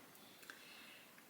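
The plastic dose knob on an injector pen is turned to prime it, aiming for two clicks. Against a quiet background, one sharp click is heard at 0.5 s as the knob seats into the priming position.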